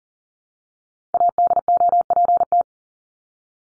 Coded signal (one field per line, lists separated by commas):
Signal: Morse code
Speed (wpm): 40 wpm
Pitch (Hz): 700 Hz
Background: none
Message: ADOPT